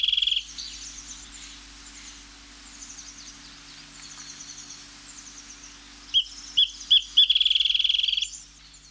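Wrentit song: a fast trill fades out at the start, a quiet stretch with faint thin notes follows, then a few separate high notes speed up into a fast, even, bouncing trill near the end.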